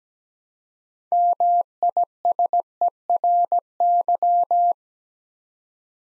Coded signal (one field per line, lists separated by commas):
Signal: Morse code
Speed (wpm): 17 wpm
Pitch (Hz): 700 Hz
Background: none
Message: MISERY